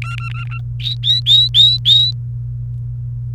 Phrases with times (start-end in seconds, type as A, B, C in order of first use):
0.02-0.58 A, 0.80-2.11 B